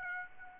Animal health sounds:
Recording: mosquito wingbeat signal from an infrared sensor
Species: Aedes aegypti

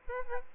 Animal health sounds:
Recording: mosquito wingbeat signal from an infrared sensor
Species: Aedes albopictus

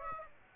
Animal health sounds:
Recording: mosquito wingbeat signal from an infrared sensor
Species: Aedes aegypti

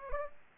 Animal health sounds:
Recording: mosquito wingbeat signal from an infrared sensor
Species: Aedes aegypti

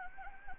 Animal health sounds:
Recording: mosquito wingbeat signal from an infrared sensor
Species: Anopheles gambiae

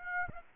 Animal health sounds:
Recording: mosquito wingbeat signal from an infrared sensor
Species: Aedes aegypti

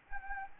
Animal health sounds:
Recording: mosquito wingbeat signal from an infrared sensor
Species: Anopheles arabiensis

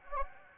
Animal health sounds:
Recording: mosquito wingbeat signal from an infrared sensor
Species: Anopheles gambiae

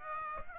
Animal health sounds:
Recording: mosquito wingbeat signal from an infrared sensor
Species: Aedes aegypti

